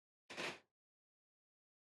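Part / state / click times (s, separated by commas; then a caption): case screw in a portable battery power station housing / stripped / 0.3 s. A case screw on a Bluetti EB70 portable battery power station housing has its head shear clean off while being unscrewed because it is very tight. A short, broad burst of sound starts at 0.3 s and fades out by about 0.7 s, followed by silence.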